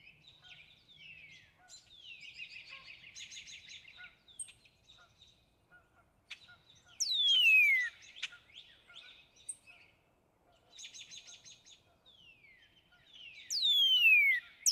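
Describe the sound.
Northern cardinal song: loud, clear whistles sliding steeply downward, given twice about six seconds apart, among softer buzzy trilled phrases.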